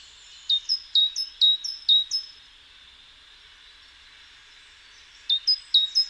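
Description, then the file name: Great tit calling in short crisp descending notes, a run of about eight early on, then a brief burst of four near the end after a pause. "Parus major"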